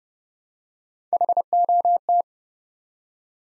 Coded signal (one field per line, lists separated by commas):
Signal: Morse code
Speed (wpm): 29 wpm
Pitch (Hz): 700 Hz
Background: none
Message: HOT